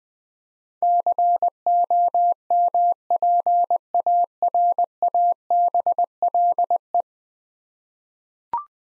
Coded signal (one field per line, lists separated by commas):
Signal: Morse code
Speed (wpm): 20 wpm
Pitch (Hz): 700 Hz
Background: none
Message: COMPARABLE